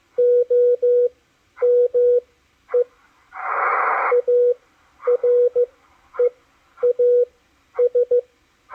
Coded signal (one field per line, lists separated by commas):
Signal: Morse code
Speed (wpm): 14 wpm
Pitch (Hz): 490 Hz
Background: none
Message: OME AREAS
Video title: DECODING MORSE CODE ON THE MACHILITE DSP SDR RECEIVER 9-30-2021